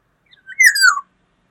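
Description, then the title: Black-naped oriole call: a single fluting whistled phrase slurring down from high to low, with rich bright overtones. "Kepodang"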